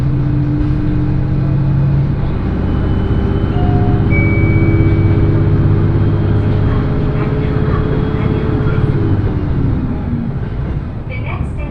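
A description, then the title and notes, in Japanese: A train ride on the Echigo Tokimeki Railway: a steady low rumble of the moving carriage with droning motor tones shifting pitch, and faint voices. 耳で楽しむ鉄道旅 えちごトキめき鉄道 高田→直江津→糸魚川。ディーゼルカー1両で足りてしまいます。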